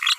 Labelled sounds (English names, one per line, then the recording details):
Green-rumped Parrotlet babbling
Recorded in a nest box in Venezuela
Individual 18B25A4